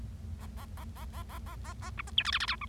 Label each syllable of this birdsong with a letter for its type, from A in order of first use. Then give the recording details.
A A A A A A A A A B C D E F F G H. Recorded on 25 March 2012 at 18:24. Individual gy6or6